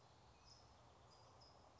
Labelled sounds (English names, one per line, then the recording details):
California Towhee
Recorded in Sonoma County, California